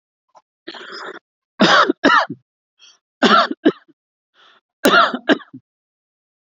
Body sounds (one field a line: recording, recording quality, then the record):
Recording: heavy voluntary cough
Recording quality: excellent, no background noise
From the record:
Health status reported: healthy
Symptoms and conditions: diabetes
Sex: male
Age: 48 years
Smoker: not ticked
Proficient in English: yes